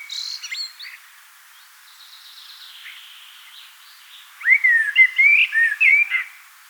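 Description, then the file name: Common blackbird song: faint twitters, then a rich whistled phrase of several looping notes. "Turdus merula"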